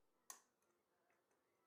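A click-type torque wrench set to 44 ft-lb tightens a lug bolt into the rear wheel hub of a BMW R1200R motorcycle, part of a star-pattern tightening and re-check of all five bolts. A single sharp click sounds at 0.3 s, followed by faint ticks. The wrench clicks at its setting, showing the bolt has reached 44 ft-lb.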